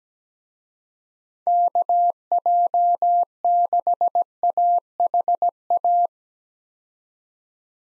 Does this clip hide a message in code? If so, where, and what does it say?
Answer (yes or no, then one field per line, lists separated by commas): yes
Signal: Morse code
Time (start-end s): 1.5-6.1 s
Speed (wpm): 17 wpm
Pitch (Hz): 700 Hz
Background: none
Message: KJ6AHA